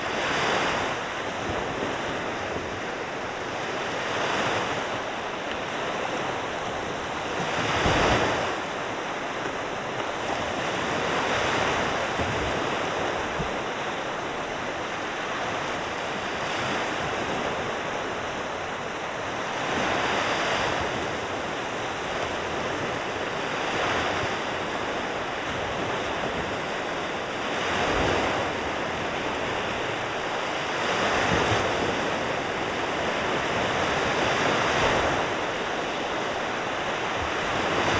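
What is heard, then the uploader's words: Surf rolls in steadily along a shore, with soft surges every few seconds and brighter washes near 8, 20, 28 and 32 seconds. A constant rushing hiss fills the sound, and a thin high whistle, likely wind or insects, holds throughout. Sounds of Sleeping Bear Dunes: The Calm Before The Storm. It was a cold yet mild day here in northern Michigan and I, once again, found myself along one of my favorite beaches along the Sleeping Bear Dunes National Lakeshore. We are the Peterson Road Beach, which is near Honor, Michigan and very close to the Platte River Campground.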